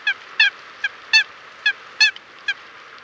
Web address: chant xeno-canto foulque macroule